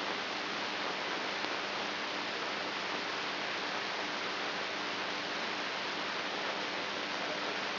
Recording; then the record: brain microelectrode recording played as sound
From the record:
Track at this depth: inside the subthalamic nucleus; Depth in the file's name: 5.112 mm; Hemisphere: right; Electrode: 2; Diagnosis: Parkinson's disease